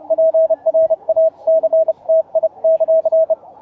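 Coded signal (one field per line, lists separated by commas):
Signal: Morse code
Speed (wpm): 30 wpm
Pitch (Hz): 650 Hz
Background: radio noise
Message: PRACTI;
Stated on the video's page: Fast QRQ CW recorded on a scheduled contact between two operators.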